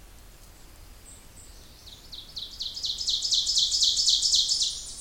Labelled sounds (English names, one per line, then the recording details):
Ovenbird song
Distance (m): 20 m
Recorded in boreal forest in Alberta, Canada, on 26 May 2016 at 07:50
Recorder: SongMeter 3, array SBT-3-15
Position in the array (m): 56 m, 220 m
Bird 20